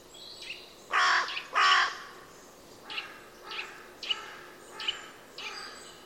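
Bird calling with two loud, rasping caws close together, followed by a run of five shorter, softer, hoarse notes.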